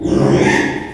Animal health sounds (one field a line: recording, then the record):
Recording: squeal of a Yucatan mini pig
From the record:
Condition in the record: after surgery on the right vocal fold (resection and tissue-engineered implant)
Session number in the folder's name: 3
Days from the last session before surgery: 33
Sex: male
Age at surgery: 12 weeks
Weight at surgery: 13 kg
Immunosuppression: cyclosporine, prednisolone